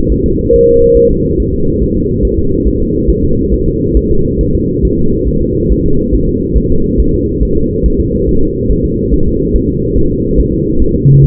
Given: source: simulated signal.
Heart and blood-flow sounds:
fetal heart sounds
0.12 s: S1
0.26 s: S2
0.54 s: S1
0.69 s: S2
0.97 s: S1
1.11 s: S2
1.40 s: S1
1.54 s: S2
1.83 s: S1
1.97 s: S2
2.25 s: S1
2.39 s: S2
2.68 s: S1
2.82 s: S2
3.10 s: S1
3.25 s: S2
3.54 s: S1
3.68 s: S2
3.97 s: S1
4.11 s: S2
4.41 s: S1
4.55 s: S2
4.85 s: S1
4.99 s: S2
5.28 s: S1
5.43 s: S2
5.72 s: S1
5.86 s: S2
6.15 s: S1
6.29 s: S2
6.58 s: S1
6.72 s: S2
7.00 s: S1
7.14 s: S2
7.43 s: S1
7.57 s: S2
7.86 s: S1
8.00 s: S2
8.29 s: S1
8.43 s: S2
8.72 s: S1
8.86 s: S2
9.14 s: S1
9.28 s: S2
9.56 s: S1
9.70 s: S2
9.98 s: S1
10.12 s: S2
10.40 s: S1
10.54 s: S2
10.82 s: S1
10.96 s: S2
11.24 s: S1
From the record:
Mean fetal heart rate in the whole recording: 140 bpm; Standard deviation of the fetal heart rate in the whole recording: 2 bpm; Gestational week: 34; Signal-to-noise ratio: -16.4 dB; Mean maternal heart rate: 72 bpm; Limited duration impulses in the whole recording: present

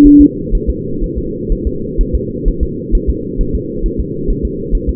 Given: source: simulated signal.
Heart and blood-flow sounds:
fetal heart sounds
0.07 s: S1
0.21 s: S2
0.55 s: S1
0.69 s: S2
1.04 s: S1
1.18 s: S2
1.52 s: S1
1.67 s: S2
2.01 s: S1
2.15 s: S2
2.48 s: S1
2.63 s: S2
2.95 s: S1
3.10 s: S2
3.41 s: S1
3.55 s: S2
3.86 s: S1
4.00 s: S2
4.30 s: S1
4.45 s: S2
4.75 s: S1
4.89 s: S2
From the record:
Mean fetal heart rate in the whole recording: 130 bpm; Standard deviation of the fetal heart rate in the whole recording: 4 bpm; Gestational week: 38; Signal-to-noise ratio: -6.6 dB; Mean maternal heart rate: 72 bpm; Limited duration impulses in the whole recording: present

